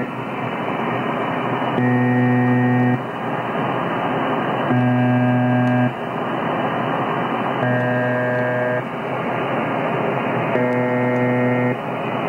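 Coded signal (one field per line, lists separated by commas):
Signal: channel marker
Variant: UVB-76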